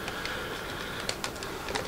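A prism viewfinder is removed from a Mamiya 645 Pro TL medium-format film camera body. A few small mechanical clicks sound over a steady background, with the sharpest at 1.1 s and 1.2 s as the latch releases. The viewfinder unlatches and pops off the body.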